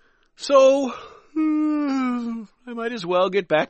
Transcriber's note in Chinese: yawns